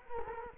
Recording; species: mosquito wingbeat signal from an infrared sensor; Culex quinquefasciatus